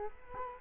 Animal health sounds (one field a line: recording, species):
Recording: mosquito wingbeat signal from an infrared sensor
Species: Culex quinquefasciatus